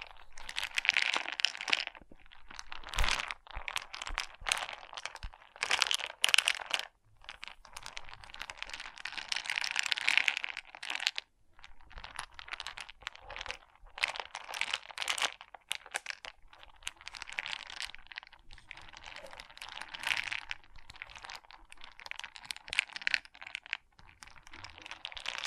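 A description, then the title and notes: Pixel art beads rattle and clatter in dense, crisp bursts, brief gaps between handfuls, with small bright clicks scattered throughout the steady shuffling. ASMR Relaxing Pixel Art Beads ( No Talking).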